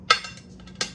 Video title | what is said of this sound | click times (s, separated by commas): Pressure Canning Onion Broth Part 2 | You raise and lock in | 0.1 s, 0.8 s